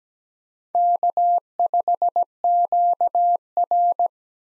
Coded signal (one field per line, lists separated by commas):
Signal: Morse code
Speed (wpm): 17 wpm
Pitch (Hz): 700 Hz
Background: none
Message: K5QR